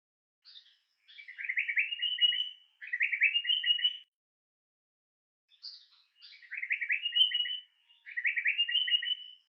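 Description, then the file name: Flycatcher song: a thin high note, then two buzzy, chattering trilled phrases, given twice with a pause of about two seconds between bouts. "moucherolle - bandrame"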